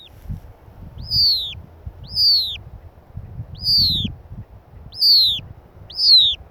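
Noble snipe call: a clear, falling whistled note repeated about once a second, five times, over a low background rumble.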